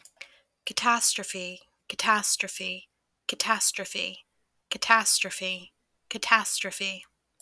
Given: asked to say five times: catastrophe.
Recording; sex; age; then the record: repeated word; female; 20 to 29 years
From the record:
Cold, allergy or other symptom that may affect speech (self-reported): no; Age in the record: 25 years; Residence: United States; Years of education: 13